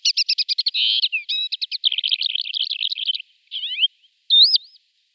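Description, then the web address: Lesser short-toed lark song: a rapid, high, jingling run of buzzy trills and chattering notes, ending with a few separate twisting whistles. "Schulze Peter Lesser Short-toed Lark"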